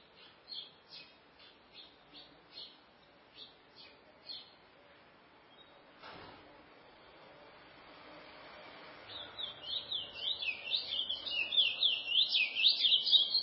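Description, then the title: Chestnut-bellied seed finch song, opening with spaced short chirps about twice a second, a soft thump, then a rapid run of loud twittering, whistled notes building to the end. "Canto De Curio"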